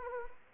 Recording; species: mosquito wingbeat signal from an infrared sensor; Anopheles arabiensis